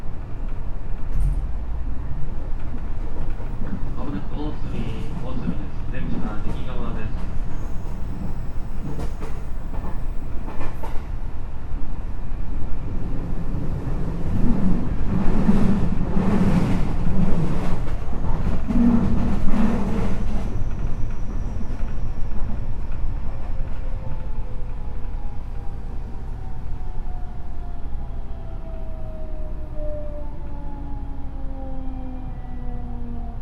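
Ride sound of a JR West 207 series train on the Gakkentoshi Line rapid service: a steady low rumble with rhythmic rail clatter, strongest between about 14 and 20 seconds. Later, rising and falling motor whine tones sweep across as the train changes speed.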